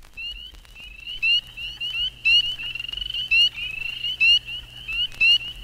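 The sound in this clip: Spring peeper chorus: many overlapping high, short, upslurred peeps from several callers, with a faint steady low hum underneath.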